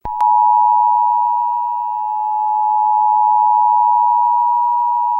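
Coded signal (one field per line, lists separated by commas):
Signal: Emergency Alert System (SAME) tones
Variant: 853 and 960 Hz attention tone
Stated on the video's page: Simulated alert scenario: a civil danger warning about unusual climate.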